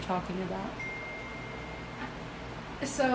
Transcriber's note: phone chimes